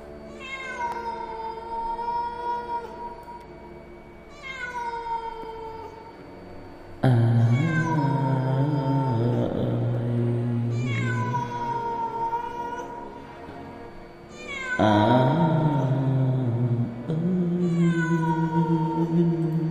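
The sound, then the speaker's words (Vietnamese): At night, a cat wails in long, drawn-out, plaintive yowls, rising and falling in pitch, several loud cries in a row with brief pauses between, and no one speaking. “Thỉnh thoảng người ta còn nghe cả tiếng người ru con, tiếng di dị khóc ai oán trong cái tiếng con mèo kêu lên thảm thiết.”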